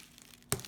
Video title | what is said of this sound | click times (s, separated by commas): Coyote Zapper Setup and Demo | Hear it snap. | 0.5 s